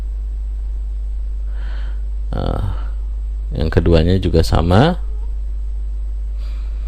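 A second RAM module is handled at a motherboard memory slot while someone talks over a steady low hum. Nothing has seated or clicked yet; the module is not yet locked in the slot.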